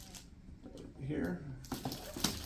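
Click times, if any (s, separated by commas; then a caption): 2.2 s. Someone talks while pushing the pull bar of a rolling tote into its mounting hole, with light handling rustle and small knocks around it. A sharp click at 2.2 s marks the bar popping into its socket on one side only, leaving both ends still to be seated.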